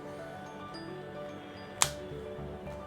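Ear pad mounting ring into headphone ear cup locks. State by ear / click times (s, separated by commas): seated / 1.8 s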